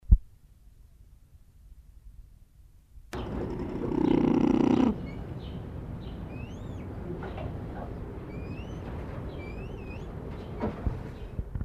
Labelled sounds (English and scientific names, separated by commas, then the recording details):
Red Ruffed Lemur (Varecia rubra) call
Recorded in captivity
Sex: group
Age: adult
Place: Tierpark Berlin, Berlin, DE
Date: 1985-09-03 11:35
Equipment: Nagra SN, Kopie Uher 4000 Report Monitor
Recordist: Tembrock, Günter